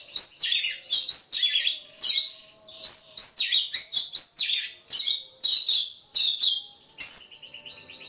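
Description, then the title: Oriental magpie-robin song with clear, loud whistles, phrases tumbling together in quick succession. Kacer poci form; competition bird, national champion; chatty (gacor) singer showing 'nembak' and 'ngerol' song styles; seven types of call every three minutes. "Kacer Poci Gacor Nembak Dan Ngerol Juara Nasional. 7 macam suara kacer setiap 3 menit"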